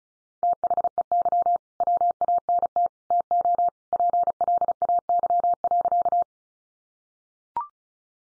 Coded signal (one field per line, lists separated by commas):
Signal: Morse code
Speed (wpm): 34 wpm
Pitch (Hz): 700 Hz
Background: none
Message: THEY WANT TO PLAY.